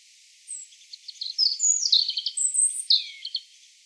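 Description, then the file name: European robin song: varied high, thin notes, sharp whistles and quick trills tumbling together in an irregular, jangling sequence with faint background hiss. "Erithacus rubecula"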